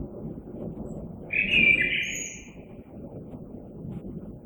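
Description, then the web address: Common blackbird giving a single short fluted phrase with a faint high squeak, over a steady low rumbling background noise. Recorded on 3 March 2020. "oiseaux Merle 2020 03 03"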